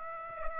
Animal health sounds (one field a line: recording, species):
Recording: mosquito wingbeat signal from an infrared sensor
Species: Aedes aegypti